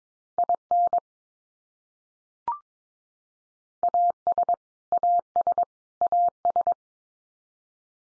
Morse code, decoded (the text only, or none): IN AS AS AS